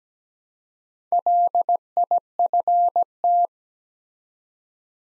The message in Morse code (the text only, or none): LIFT